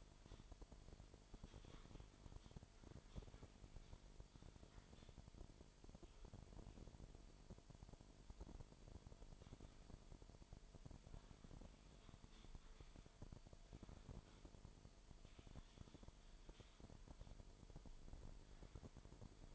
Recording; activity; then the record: daily activity, microphone in the room; typing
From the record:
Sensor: 5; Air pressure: 1002.1 hPa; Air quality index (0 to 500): 228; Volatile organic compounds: 30 ppm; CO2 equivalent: 2960 ppm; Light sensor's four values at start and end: 10/24/10/11 and 10/24/10/11